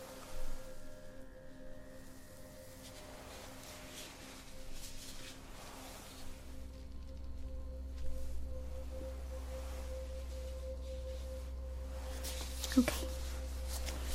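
Soft touching and handling sounds from a face acupuncture session, with small rustles and taps scattered throughout. A steady low hum runs underneath and thickens after about six seconds, along with a faint constant tone. A sharp tap stands out near thirteen seconds.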